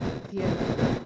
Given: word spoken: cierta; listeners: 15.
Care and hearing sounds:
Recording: one Spanish word in noise, from a listening test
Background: noise modulated by one talker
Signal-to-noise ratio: -9.3 dB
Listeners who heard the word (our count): 0 of 15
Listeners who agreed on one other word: 9 of 15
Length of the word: 0.66 s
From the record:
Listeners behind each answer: 9, 2, 1, 1, 1, 1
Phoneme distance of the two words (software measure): 27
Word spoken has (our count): 2 syllables, 6 phonemes, stress on syllable 1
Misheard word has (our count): 2 syllables, 5 phonemes, stress on syllable 1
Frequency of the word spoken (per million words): 113.98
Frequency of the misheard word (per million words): 251.39

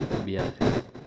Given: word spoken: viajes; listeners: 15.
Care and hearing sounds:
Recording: one Spanish word in noise, from a listening test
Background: noise modulated by one talker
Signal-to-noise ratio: -7.5 dB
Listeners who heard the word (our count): 1 of 15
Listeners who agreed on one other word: 13 of 15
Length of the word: 0.67 s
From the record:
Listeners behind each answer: 13, 1, 1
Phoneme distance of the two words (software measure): 7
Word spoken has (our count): 2 syllables, 6 phonemes, stress on syllable 1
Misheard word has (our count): 2 syllables, 5 phonemes, stress on syllable 1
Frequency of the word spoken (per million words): 39.89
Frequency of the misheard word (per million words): 123.45

